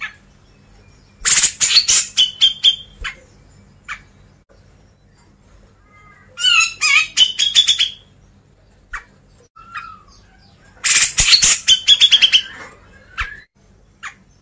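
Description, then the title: Grey-cheeked bulbul song: three bursts of harsh, buzzy chattering trills separated by quiet pauses, with a few lone whistled notes in between. Masteran recording, used for training cage birds. "MASTERAN CUCAK JENGGOT"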